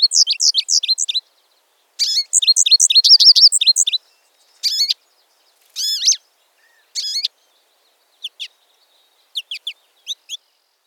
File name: American Goldfinch